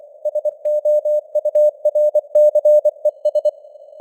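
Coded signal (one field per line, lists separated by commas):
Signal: Morse code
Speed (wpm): 24 wpm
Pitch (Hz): 600 Hz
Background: none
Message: SOURCES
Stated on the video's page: Simulated news headlines in Morse at 24 wpm with simulated radio noise and fading signal strength.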